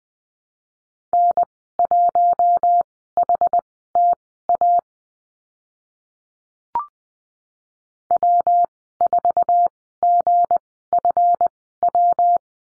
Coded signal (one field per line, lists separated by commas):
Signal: Morse code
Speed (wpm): 19 wpm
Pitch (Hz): 700 Hz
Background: none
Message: N1HTA W4GFW